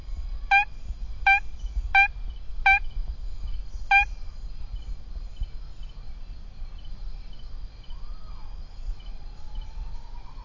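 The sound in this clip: Aplastodiscus leucopygius: tree frog calling: five short, clipped tonal notes with bright harmonics, the first four spaced roughly every 0.7 seconds and the fifth at about four seconds, then only a low rumbling background.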